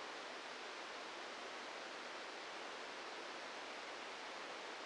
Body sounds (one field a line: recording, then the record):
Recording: brain microelectrode recording played as sound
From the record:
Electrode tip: outside the subthalamic nucleus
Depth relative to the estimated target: 2 mm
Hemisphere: left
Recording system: NeuroSet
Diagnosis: Parkinson's disease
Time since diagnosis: 8 years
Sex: male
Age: 46 years